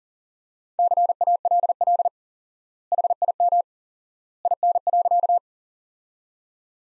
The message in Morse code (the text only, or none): CALL HIM IN.